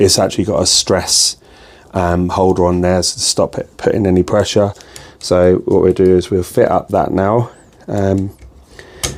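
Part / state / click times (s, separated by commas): main cable connector into a 3D printer socket / seated / 8.8 s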